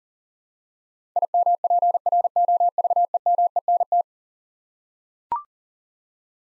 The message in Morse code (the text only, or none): IMPROVEMENT